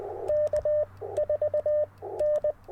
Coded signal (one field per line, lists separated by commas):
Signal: Morse code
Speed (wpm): 20 wpm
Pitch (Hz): 600 Hz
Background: radio noise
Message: K4N